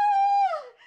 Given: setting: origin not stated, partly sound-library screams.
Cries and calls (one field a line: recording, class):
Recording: one-second piece from a danger detection set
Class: woman in danger